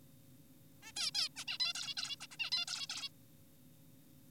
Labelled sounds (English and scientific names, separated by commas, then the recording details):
Zebra Finch (Taeniopygia guttata)
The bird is an adult
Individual g4p5U